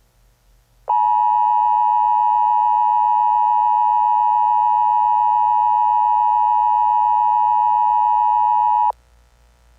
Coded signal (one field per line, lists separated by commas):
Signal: Emergency Alert System (SAME) tones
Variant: 853 and 960 Hz attention tone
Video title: EAS Scenario #61: System Failure